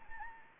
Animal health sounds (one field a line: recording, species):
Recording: mosquito wingbeat signal from an infrared sensor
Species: Anopheles gambiae